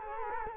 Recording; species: mosquito wingbeat signal from an infrared sensor; Culex quinquefasciatus